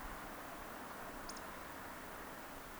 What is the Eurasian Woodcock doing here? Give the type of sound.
whistle